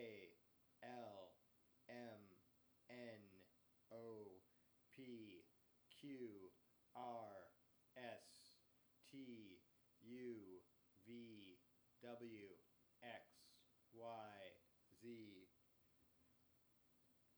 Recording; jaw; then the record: letters of the alphabet, spoken; free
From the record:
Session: first day, before the bite bar